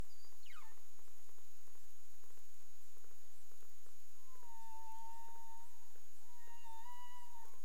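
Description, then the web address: Humpback whale calls: a fast falling sweep at the start, then a long steady tonal moan that wavers and lifts slightly at the end, with faint clicks and steady hiss. Recorded in the Caribbean on 30 April 2035 at 03:23 UTC. "CARIMAM. humpback whale"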